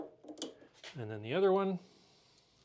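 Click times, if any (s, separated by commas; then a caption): 0.4 s. A spread-type steel snap ring is opened up, slipped around a gearbox shaft on a planer and pushed until it snaps into its groove with a sharp metallic click at 0.4 s, seating the ring. Someone then talks briefly.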